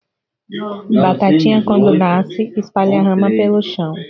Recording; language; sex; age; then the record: short text; Brazilian Portuguese; female; 20 to 29 years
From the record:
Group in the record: control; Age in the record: 22 years